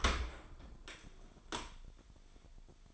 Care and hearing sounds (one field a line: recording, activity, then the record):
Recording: daily activity, microphone in the room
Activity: open dishwasher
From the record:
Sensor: 5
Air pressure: 1003.2 hPa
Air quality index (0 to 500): 136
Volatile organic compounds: 2 ppm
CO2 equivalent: 993 ppm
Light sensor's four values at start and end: 73/177/73/83 and 65/155/65/73